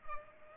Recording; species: mosquito wingbeat signal from an infrared sensor; Culex pipiens